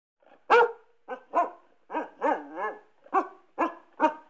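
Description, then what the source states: Dog barking, a loud opening bark followed by several shorter, sharp barks, one slightly drawn out; no other sounds. Medium-size dog barking.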